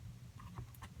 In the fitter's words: Just kind of clips in place.